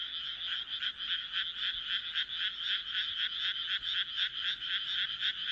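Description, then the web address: A frog chorus of regular, grating croaks repeating nearly four times a second in a steady rhythm. "kaeru kaeru"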